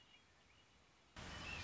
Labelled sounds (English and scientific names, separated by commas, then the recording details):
Red-winged Blackbird (Agelaius phoeniceus)
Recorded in Sonoma County, California